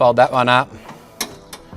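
Someone talks while the second fold-down step on the canopy of a Chevy 2500 is being folded up toward its stowed, latched position. Brief, sharp handling sounds follow at about 1.2 and 1.5 seconds. The step has not latched or clicked into place yet.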